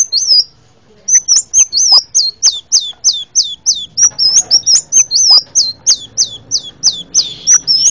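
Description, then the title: Hummingbird calling with sharp, high twittering chips in a fast, steady run of about three per second, with faint clicks and soft low background noise underneath. "kolibri"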